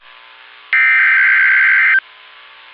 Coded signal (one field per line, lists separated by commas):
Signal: Emergency Alert System (SAME) tones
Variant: header bursts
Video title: Oklahoma City Tornado Warning (EAS 326)